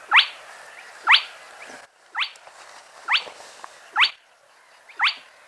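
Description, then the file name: Spotted crake giving sharp, whip-like upslurred notes, repeated about once per second; faint background hiss, with a brief dropout partway. Played back. "Plettet roervagtel"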